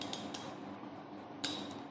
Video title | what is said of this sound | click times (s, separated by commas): 294 Praktikum Jaringan Komputer Pertemuan 2 | jadi seperti itu ya Bunyi ada bunyi klik nah jika sudah seperti itu maka | 1.5 s